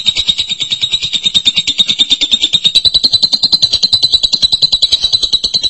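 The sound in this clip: Lovebird song: a continuous run of fast, shrill, evenly pulsed notes that rises slightly in pitch midway.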